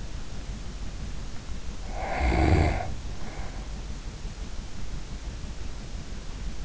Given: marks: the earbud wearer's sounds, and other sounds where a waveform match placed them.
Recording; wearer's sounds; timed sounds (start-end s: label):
sounds in sleep by an in-ear microphone; snoring breath
1.55-4.04 s: snoring breath